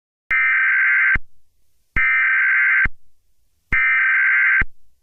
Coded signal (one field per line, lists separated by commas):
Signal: Emergency Alert System (SAME) tones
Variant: header bursts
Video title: EAS Mocks -- actual alerts 11 18 2020